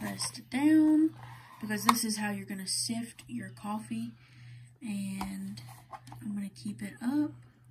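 A woman talks while the sifter lid is set on a plastic cold brew coffee maker carafe, with the sifter kept all the way up and not pressed down. Her voice fills the clip, with faint handling noises beneath it. Nothing has seated or locked into place yet.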